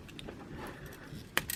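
A plastic hinge peg is worked at an angle into the body of a Super Robot Chogokin Mazin Emperor G robot figure after several tries, with faint plastic ticks and handling noise. At 1.4 s the peg snaps into place with a sharp pop, followed by a couple of lighter clicks, and it is seated.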